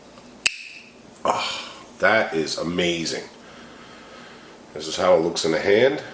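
A Viper Knives Vox Odino carbon fiber folding knife (V5918FC) is flipped open close to the microphone, and its titanium frame lock snaps behind the blade with one sharp click at 0.5 s, judged one of the most satisfying opening clicks and beautiful-sounding. The blade is locked open, and someone then talks.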